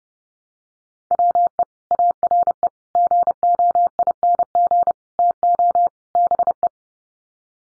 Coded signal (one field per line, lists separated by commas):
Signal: Morse code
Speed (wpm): 30 wpm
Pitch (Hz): 700 Hz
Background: none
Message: WE ARE GOING TO BE